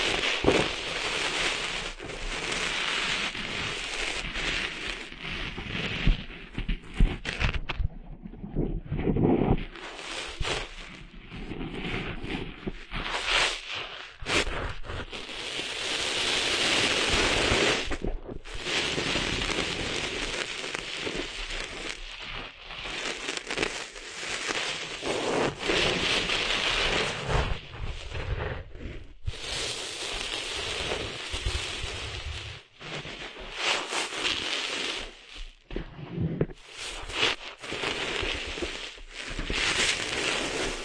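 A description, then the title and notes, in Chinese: Sand rustling and shifting in a dense, hissing wash that fills the clip with a bright grainy texture. The sound comes in uneven swells and bursts, broken by several abrupt silent gaps, around 9, 14, 18 and 33 seconds, and scattered crackly clicks. 沙沙沙…沙滩的沙沙声。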